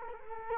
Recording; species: mosquito wingbeat signal from an infrared sensor; Culex quinquefasciatus